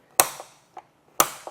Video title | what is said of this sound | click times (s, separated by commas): etrailer - Installing the Yakima BaseLine Roof Rack on a 2025 GMC Canyon | you hear that click again, letting you know it's good to go. | 0.2 s, 1.2 s